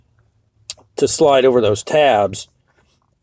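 A round metal deadbolt mounting ring for a steel door is slid over the two tabs of the lock cylinder, and it snaps into place with one sharp click at 0.7 s. Someone talks right after the snap, and the ring ends up seated.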